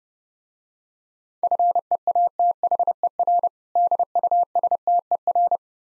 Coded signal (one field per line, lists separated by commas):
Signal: Morse code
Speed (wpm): 31 wpm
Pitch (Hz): 700 Hz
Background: none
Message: FEATHER DUSTER